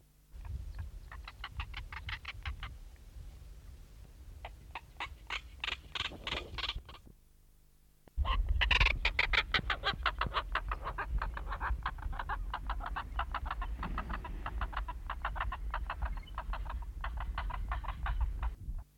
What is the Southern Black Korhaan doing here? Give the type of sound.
call